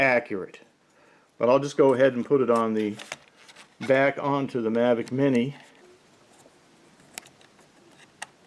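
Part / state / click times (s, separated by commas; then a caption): ND lens filter onto small drone gimbal camera / seated / 7.2 s, 8.2 s. Someone talks for the first five and a half seconds, and then a plastic-framed Sunnylife ND filter is pressed onto the gimbal camera lens of a DJI Mavic Mini drone. Two short, sharp snaps come at 7.2 s and 8.2 s, with fainter ticks in between. The filter is seated on the camera.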